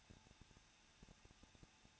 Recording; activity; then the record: daily activity, microphone in the room; no activity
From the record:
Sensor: 2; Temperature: 21.0 degrees Celsius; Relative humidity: 37.6%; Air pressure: 1006.2 hPa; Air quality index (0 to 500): 224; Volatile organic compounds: 25 ppm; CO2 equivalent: 2843 ppm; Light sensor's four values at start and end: 2/3/2/2 and 2/3/2/2